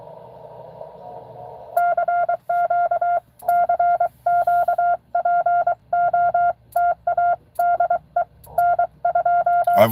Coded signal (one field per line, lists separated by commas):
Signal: Morse code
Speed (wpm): 23 wpm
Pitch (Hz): 700 Hz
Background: none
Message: CQ CQ POTA DE N2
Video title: N2AKJ is live! doing pota at us-2114 #pota #cw #n2akj